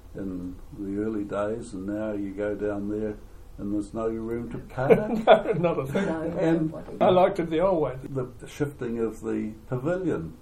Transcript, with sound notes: in the early days and now you go down there and there’s no room to park. [Chuckle] No, not a thing. You know nobody. I liked it the old way. The shifting of the Pavilion.